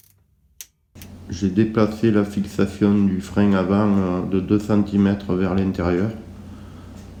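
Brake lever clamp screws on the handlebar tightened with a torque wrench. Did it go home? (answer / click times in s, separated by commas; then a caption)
yes / 0.6 s. A torque wrench set to 10 Nm tightens the brake lever clamp screws on both sides of a motorcycle handlebar and gives one sharp click at 0.6 s as it reaches its setting. After a short silence, someone talks for the rest of the clip.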